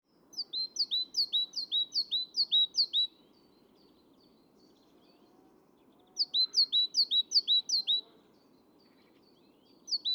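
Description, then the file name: Great tit singing its ringing two-note phrase in rapid strings of about five to seven, with a gap of a few seconds between strings, and faint low rumble underneath. "Parus major"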